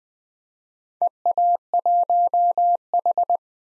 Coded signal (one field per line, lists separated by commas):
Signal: Morse code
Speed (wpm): 20 wpm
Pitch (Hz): 700 Hz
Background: none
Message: EA1H